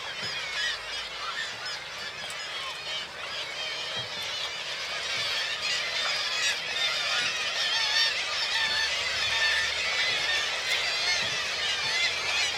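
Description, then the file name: Gulls, a large crowd of squealing, wailing cries overlapping continuously, growing louder after the first few seconds, with faint low splashes of water below. Large group of gulls at a marina, with water lapping. "birds seagulls large group marina water lapping"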